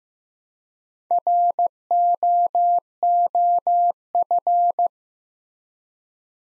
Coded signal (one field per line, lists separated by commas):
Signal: Morse code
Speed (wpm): 15 wpm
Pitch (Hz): 700 Hz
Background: none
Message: ROOF